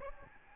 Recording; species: mosquito wingbeat signal from an infrared sensor; Aedes albopictus